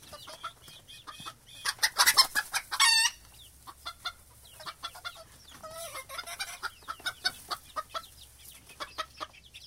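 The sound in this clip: Chickens calling with a loud squawking burst around two seconds, then a rising-falling wavering call and scattered clucks throughout.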